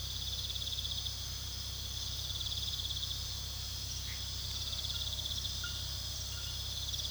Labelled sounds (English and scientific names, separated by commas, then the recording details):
none
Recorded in pastures near Puerto Asís, Putumayo, Colombia, on 19 February 2024 at 00:30
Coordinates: 0.486, -76.323
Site G6462